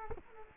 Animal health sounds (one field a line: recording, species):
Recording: mosquito wingbeat signal from an infrared sensor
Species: Culex quinquefasciatus